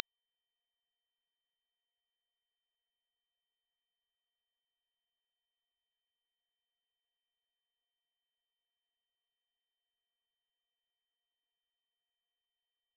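A pure sine tone at 5955 Hz holds perfectly steady for the full thirteen seconds, a single thin, bright whistle with nothing else around it. The level never changes, and there are no breaks, wavers or background sounds.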